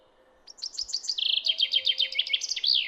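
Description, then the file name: Common chaffinch singing: a run of bright descending notes, then a rolling trill and an emphatic flourish. "Fringilla coelebs"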